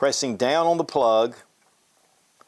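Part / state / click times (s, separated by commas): barrel bushing turning into the slide of a 1911 pistol / not seated / none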